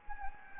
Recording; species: mosquito wingbeat signal from an infrared sensor; Anopheles gambiae